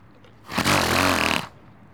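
A single forceful, noisy blast lasting about one second, with a low rumbling, snort-like voiced undertone throughout. It is a donkey sneeze.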